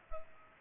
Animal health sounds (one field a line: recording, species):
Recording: mosquito wingbeat signal from an infrared sensor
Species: Culex pipiens